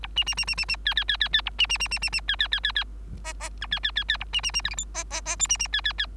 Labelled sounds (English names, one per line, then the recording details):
Bengalese Finch song
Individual Bird3